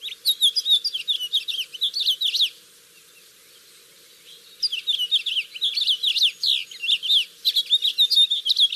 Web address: House. Finch-Sound Bible